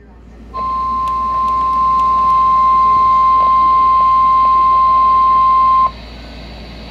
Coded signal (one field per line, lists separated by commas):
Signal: Emergency Alert System (SAME) tones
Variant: 1050 Hz attention tone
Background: speech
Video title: Old SVR (EAS)